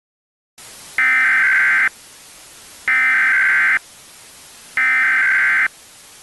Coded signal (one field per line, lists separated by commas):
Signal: Emergency Alert System (SAME) tones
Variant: header bursts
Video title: *VALID TONES* EAS Scenario: Weather Disaster